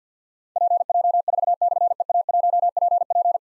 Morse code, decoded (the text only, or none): PJ4/EA1PP